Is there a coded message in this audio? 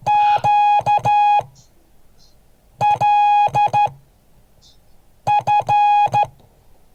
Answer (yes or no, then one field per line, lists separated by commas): yes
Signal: Morse code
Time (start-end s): 0.1-6.2 s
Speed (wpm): 12 wpm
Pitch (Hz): 830 Hz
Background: none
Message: QLF